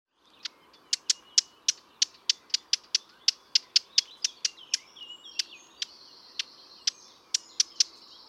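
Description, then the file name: Eurasian blackcap calls: a run of sharp tacking clicks, a few per second, slowing toward the end. "Sylvia atricapilla"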